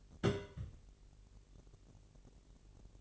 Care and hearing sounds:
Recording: daily activity, microphone in the room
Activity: place on stove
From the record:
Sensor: 4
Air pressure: 1002.8 hPa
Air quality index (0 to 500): 237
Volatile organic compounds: 10 ppm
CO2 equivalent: 2219 ppm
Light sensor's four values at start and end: 7/15/6/6 and 7/15/6/6

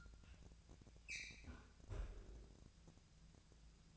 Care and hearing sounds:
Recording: daily activity, microphone in the room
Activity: close fridge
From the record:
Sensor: 2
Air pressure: 999.9 hPa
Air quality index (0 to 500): 121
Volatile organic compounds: 2 ppm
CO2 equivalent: 1042 ppm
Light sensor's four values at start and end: 33/82/35/39 and 33/82/35/39

